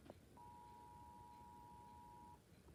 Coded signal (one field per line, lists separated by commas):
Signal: Emergency Alert System (SAME) tones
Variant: 853 and 960 Hz attention tone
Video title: USA EAS alarm